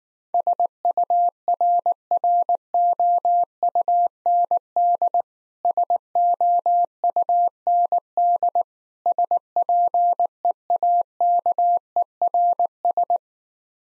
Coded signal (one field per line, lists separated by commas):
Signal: Morse code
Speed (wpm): 19 wpm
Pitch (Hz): 700 Hz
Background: none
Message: SURROUND SOUND SPEAKERS